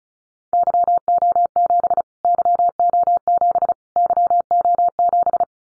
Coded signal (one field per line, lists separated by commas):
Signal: Morse code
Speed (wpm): 34 wpm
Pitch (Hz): 700 Hz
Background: none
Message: YO7 YO7 YO7